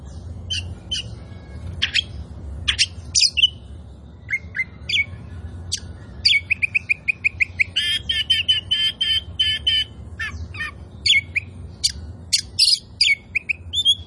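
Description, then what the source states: Oriental magpie-robin singing energetically, a long stream of rapid repeated chips and trills broken by whistled phrases and clicks, with a low hum in the background. Indonesian "kacer poci" form of the Oriental magpie-robin, described as "gacor", meaning singing vigorously and continuously.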